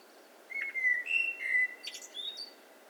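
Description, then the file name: Common blackbird singing a single phrase of smooth, level fluted whistles that end in a brief, thin, high twitter. "Turdus merula"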